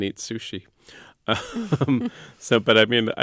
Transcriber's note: laughter